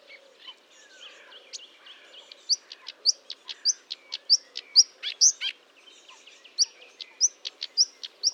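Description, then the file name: Marsh warbler song, quiet scratchy twittering that builds into a lively run of sharp, clear notes in quick succession. Recorded at Fourneau, Fontaine-Française, France, on 1 June 2022 at 10:55, using a Nagra recorder with a Telinga. "Rousserolle verderolle 20220601 1055 Fontaine-Francaise-Fourneau-Nagra-Telinga"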